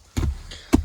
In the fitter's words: it's nice and comfortable and with the center thing locks into place